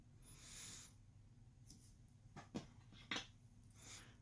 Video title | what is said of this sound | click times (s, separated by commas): How To: Balance connector replacement | And you have to get it in until it clicks. | 3.1 s